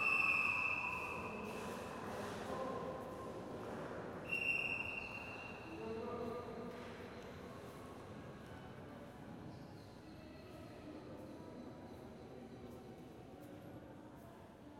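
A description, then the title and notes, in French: A scene from northern India dominated by a train's steady, dense rumble. A shrill squeal rings out at the start and again around four seconds, then the clatter settles and slowly grows quieter, with faint voices and high metallic tones underneath. Été 2013 - Une carte postale sonore de l'Inde du Nord, depuis les sommets du Laddak aux berges du Gange à Bénarès, en passant par le désert de Jaisalmer et la folie de New Delhi. Prises de sons, réalisation de Lætitia Audinet et Mathieu Maurice.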